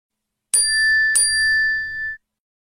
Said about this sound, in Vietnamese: WeChat trên điện thoại của Mã Lệ thông báo có tin nhắn mới chưa đọc.